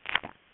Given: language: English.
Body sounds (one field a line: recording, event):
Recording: throat vibration sensor signal played as sound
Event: swallow